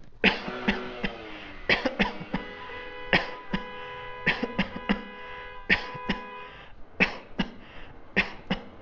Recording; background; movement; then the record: voluntary coughing; traffic; sitting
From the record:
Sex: male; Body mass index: 22.0 kg/m2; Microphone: on the chest, facing outward